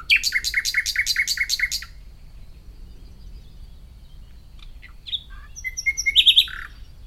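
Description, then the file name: Common nightingale song: a rapid series of loud repeated notes, silence, then scattered whistles and a brief high jumbled phrase. "Luscinia megarhynchos"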